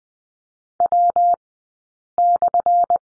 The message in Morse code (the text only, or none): W/